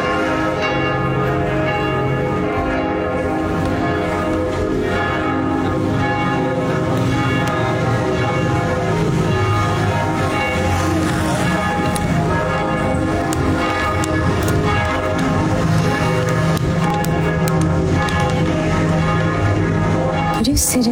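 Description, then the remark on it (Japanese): Church bells ring out continuously in Brussels at 9 p.m., layered peals producing a dense, sustained wash of overlapping tones with steady loudness throughout, and faint voices murmuring beneath. “次はブリュッセルの鐘の音です。”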